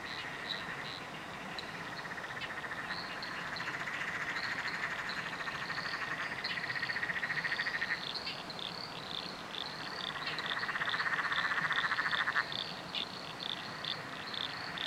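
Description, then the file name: Frogs in a dense chorus, long buzzy pulsed trills starting and stopping in bouts, while many brief high chirps repeat continuously. Frog chorus recorded at night under a bridge in Royal National Park. "nocturnal frog chorus under a bridge royal national park"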